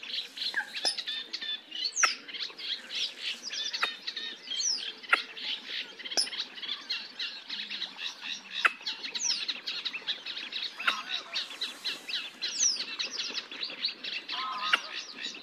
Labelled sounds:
Red-necked Grebe call

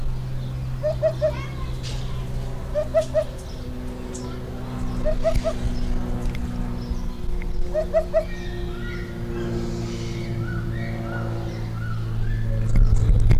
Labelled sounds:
Eurasian Hoopoe song

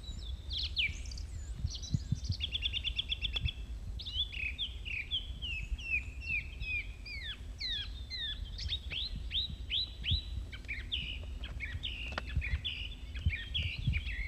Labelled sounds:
Song Thrush song

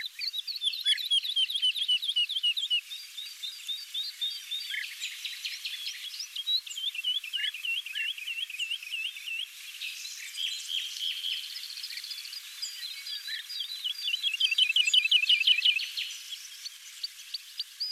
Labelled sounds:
Wood Lark song

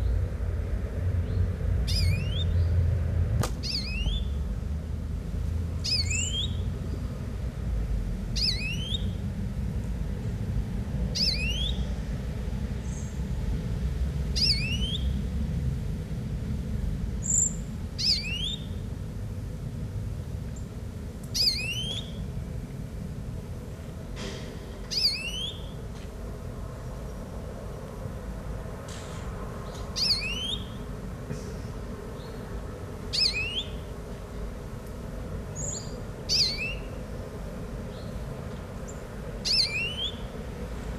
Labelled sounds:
European Greenfinch call

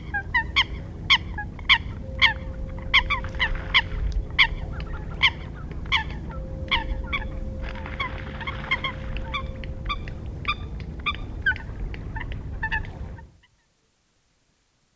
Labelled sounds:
Eurasian Coot call

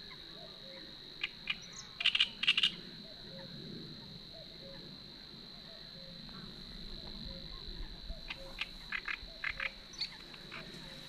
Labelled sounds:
Great Reed Warbler song

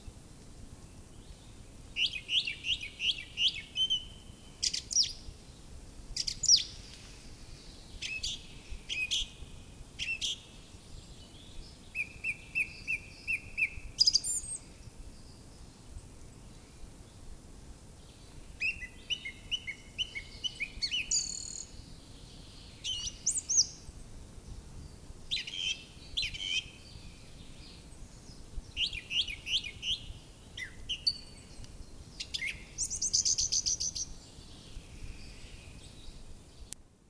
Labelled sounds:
Song Thrush song

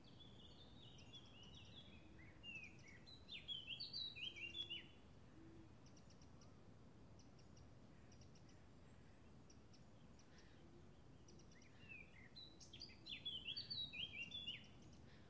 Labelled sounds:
Eurasian Blackcap song

